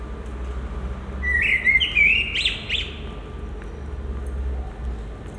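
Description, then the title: Common blackbird sings a short whistled warble ending in a couple of scratchy high notes, then quiet background hum. Recorded at Résidence Sainte-Gertrude, Marolles, Brussels, Belgium, with a Sony PCM-M10 and Luhd PM-01 binaural microphones. "Marolles, 1000 Bruxelles, Belgique - Résidence Sainte-Gertrude - Merle - Blackbird"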